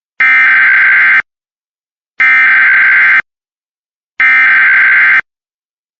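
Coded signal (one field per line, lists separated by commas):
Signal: Emergency Alert System (SAME) tones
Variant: header bursts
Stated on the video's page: Compilation of real civil, non-weather EAS alerts.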